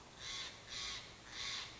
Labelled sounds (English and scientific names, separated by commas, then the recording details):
Steller's Jay (Cyanocitta stelleri)
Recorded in Sonoma County, California